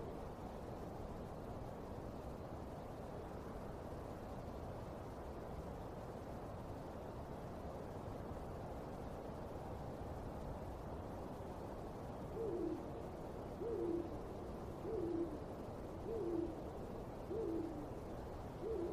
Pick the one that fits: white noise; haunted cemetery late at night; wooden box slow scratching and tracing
haunted cemetery late at night